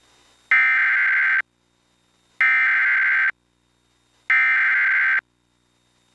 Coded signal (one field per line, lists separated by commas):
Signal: Emergency Alert System (SAME) tones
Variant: header bursts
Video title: (EAS #67) WOVA-LD2 - Flood Warning For Washington, OH (2/16/2025)